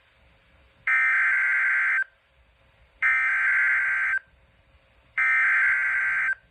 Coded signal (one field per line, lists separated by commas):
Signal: Emergency Alert System (SAME) tones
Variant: header bursts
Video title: Double header EAS Severe Thunderstorm warning! #shorts